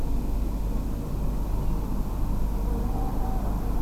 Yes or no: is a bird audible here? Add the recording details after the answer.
yes. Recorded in France